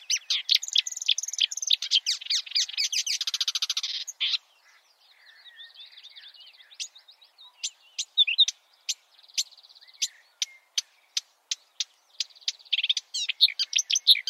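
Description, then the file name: Marsh warbler song with fast buzzy trills, mimicked chatter, sharp ticking notes and whistled fragments in a long varied medley. "suara kicauan burung marsh warbler. omkicau"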